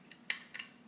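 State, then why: Seated. The stem of a plastic toy cannonball is pushed down into the hole of a toy cannon, and it clicks and locks at 0.3 s with a sharp, bright snap, leaving the cannon loaded and ready to fire. A faint tick comes just before it, and two softer clicks follow close together near 0.6 s.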